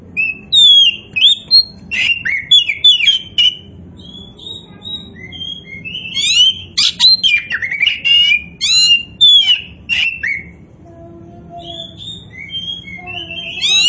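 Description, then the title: Oriental magpie-robin in prolonged, vigorous song: fast sequences of loud whistles, harsh scratches and chattering notes, with a short lull before resuming. Kacer poci form of Oriental magpie-robin, described as gacor, a bird singing continuously and vigorously. "Kacer Poci Gacor"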